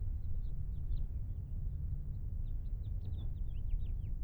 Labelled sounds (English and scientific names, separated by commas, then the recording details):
House Finch (Haemorhous mexicanus) song
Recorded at Kismit on Long Island, New York, on 22 May 1975
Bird B